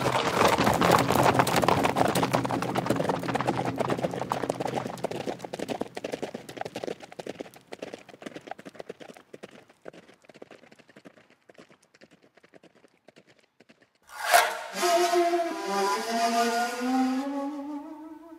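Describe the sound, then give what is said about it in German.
Rapid clip-clopping horse hoofbeats over a rumbling noise gradually fade away, then a sudden loud, wavering tonal cry rises and trails off at the end. “Wo sind Ihre Pferde?”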